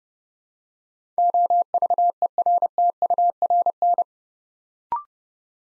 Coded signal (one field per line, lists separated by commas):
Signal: Morse code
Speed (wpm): 30 wpm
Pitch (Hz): 700 Hz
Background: none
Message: OVERTURN